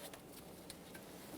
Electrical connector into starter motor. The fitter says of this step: Line it up. Press it in. Listen for a click. A light tug confirming it's secure.